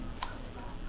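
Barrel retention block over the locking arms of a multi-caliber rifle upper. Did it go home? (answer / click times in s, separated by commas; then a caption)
yes / 0.2 s. The barrel retention block on the upper of an MGI Hydra multi-caliber rifle is pulled down over the closed locking arms. A single short, bright tick is heard at 0.2 s, standing out from a steady low background. The block snaps into place and is seated.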